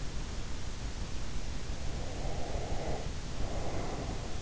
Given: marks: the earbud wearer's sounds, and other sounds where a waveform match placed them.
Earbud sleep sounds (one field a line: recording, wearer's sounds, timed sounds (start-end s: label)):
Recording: sounds in sleep by an in-ear microphone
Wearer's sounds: breath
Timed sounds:
2.07-4.11 s: breath